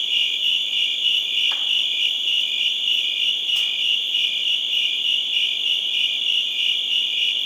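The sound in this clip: Cricket, a continuous high shrill pulsing, with two brief sharp clicks partway through.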